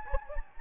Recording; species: mosquito wingbeat signal from an infrared sensor; Anopheles gambiae